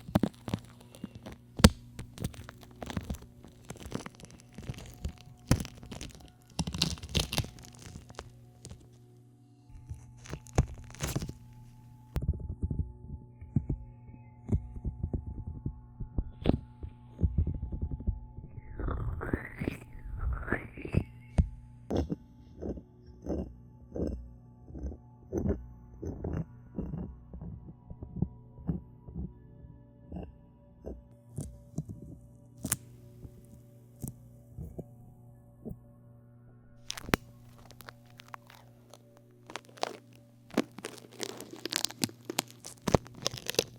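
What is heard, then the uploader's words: Ear cleaning with a peel-off mask and tweezers, no talking. Dense crackly clicks and short scratchy bursts come in quick irregular runs, busiest around 15–25 seconds, with a few brief squeaky slides near 19 seconds over a steady low hum. Ear cleaning, No talking. 无人声. 撕拉面膜，清洁面膜，镊子.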